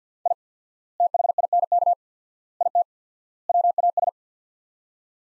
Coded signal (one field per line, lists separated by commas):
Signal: Morse code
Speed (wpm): 50 wpm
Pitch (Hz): 700 Hz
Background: none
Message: I THINK IT WAS